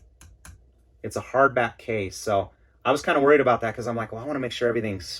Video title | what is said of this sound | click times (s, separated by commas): DJI POCKET 2 REVIEW - Is it worth it? | so what's sweet about this is basically the dji just pops right in this case i like the case | 0.2 s, 0.4 s